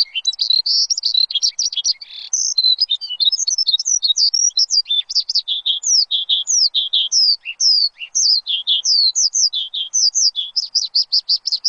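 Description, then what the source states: Bird song: a rapid, continuous stream of high, varied chirps and twittering notes slurring up and down, with no other sounds. Chirping recording meant for training pet birds.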